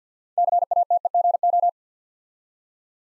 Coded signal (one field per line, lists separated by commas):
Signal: Morse code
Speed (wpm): 48 wpm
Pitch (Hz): 700 Hz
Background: none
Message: CATEGO